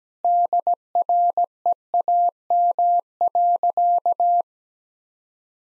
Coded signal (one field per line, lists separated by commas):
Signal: Morse code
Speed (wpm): 17 wpm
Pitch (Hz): 700 Hz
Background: none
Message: DREAM.